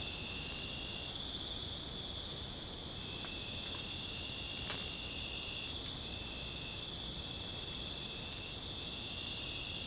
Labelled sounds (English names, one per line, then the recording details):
none
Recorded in secondary vegetation near Puerto Asís, Putumayo, Colombia, on 21 December 2024 at 20:00
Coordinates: 0.499, -76.323
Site G010